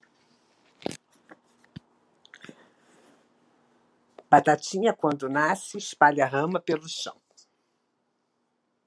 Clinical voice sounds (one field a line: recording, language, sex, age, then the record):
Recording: short text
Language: Brazilian Portuguese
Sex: female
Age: 60 to 69 years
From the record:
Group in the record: control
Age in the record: 68 years